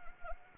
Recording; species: mosquito wingbeat signal from an infrared sensor; Anopheles arabiensis